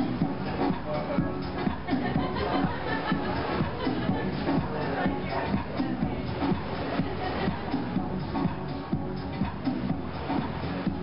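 Tech house music plays steadily in a beach bar, its thumping low beat running evenly under a dense wash of chatter from a crowd of people. The level stays constant throughout, with voices and clinking bar noise blending into the music without pause.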